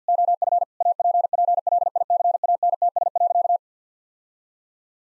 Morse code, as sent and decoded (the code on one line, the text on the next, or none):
--- ..-. / .- .--. .--. .-.. .. -.-. .- -. - ... .-.-.-
OF APPLICANTS.